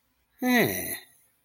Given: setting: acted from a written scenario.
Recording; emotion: vocal sound without words; adoration